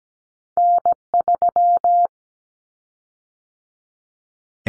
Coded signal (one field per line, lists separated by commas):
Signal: Morse code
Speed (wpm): 17 wpm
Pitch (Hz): 700 Hz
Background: none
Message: N3